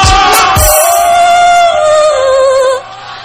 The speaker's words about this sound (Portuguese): Cadê o grito das mulheres que gostam de homens? Só a mulherola vai mandar pra lá agora! Já!